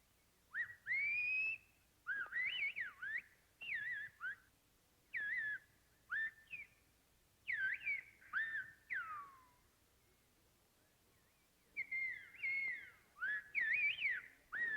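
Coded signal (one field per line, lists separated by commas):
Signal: whistled language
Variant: Silbo Gomero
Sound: clear human whistling in short gliding phrases rising and falling like speech, with pauses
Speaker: the Gomeras contrived an extraordinary form of telephonic speech, whistling, which can be understood over a distance of 3 miles. You mean they whistle in Spanish? In a way, the consonants and vowels are represented entirely by differences in pitch.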